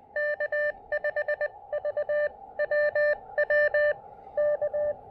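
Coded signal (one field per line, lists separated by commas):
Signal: Morse code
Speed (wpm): 22 wpm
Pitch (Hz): 590 Hz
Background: none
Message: K5VWW K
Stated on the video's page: Portable QRP Morse activation on 20 meters using an Elecraft KX2 with the AX1 antenna.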